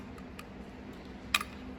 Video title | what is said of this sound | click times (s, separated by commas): BNR Yfz450r softer throttle Spring install | just like that make sure it goes all the way make sure it clicks back when you're done | 1.3 s